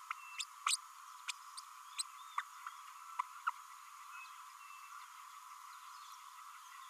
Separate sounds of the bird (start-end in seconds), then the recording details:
0.38-0.44, 0.66-0.76, 1.28-1.31, 1.57-1.60, 1.98-2.02, 2.38-2.42, 3.19-3.21, 3.46-3.50. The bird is a female. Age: 30 days. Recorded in a nest box in Venezuela. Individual 17B32A5